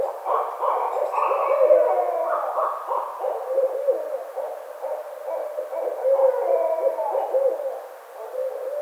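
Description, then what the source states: Barred owl caterwauling, a frenzied mix of hoots, cackles and wavering, rising and falling notes, with an excited, rapid rhythm throughout. Recorded 25 May 2009.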